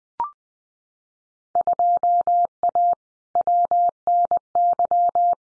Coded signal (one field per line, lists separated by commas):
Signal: Morse code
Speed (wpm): 20 wpm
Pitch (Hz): 700 Hz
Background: none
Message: 2A WNY